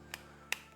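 A lit core is pressed into a steel arc reactor housing for an Iron Man (2008) cosplay prop, a friction-fit part. A softer snap comes at 0.1 s, then a sharp, louder snap at 0.5 s as the core seats. The core is held firmly in place.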